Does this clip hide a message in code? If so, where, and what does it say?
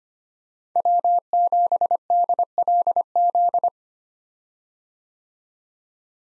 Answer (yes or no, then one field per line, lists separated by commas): yes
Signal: Morse code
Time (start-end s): 0.8-3.7 s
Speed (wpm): 25 wpm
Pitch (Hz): 700 Hz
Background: none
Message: W7DLZ